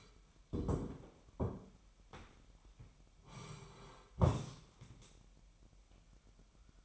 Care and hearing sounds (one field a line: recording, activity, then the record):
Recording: daily activity, microphone in the room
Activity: sit down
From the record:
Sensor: 1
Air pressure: 998.5 hPa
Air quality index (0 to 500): 123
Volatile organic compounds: 3 ppm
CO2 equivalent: 1466 ppm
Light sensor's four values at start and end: 9/21/9/10 and 9/22/9/11